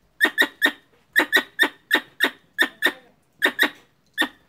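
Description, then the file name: Squirrel chirps: sharp, harsh squeaks in clusters of two or three, delivered quickly with short pauses between groups. Female calling a male. "tieng soc cai goi duc soc bong"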